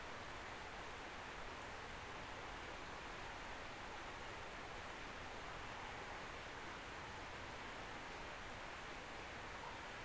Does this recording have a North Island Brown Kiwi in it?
no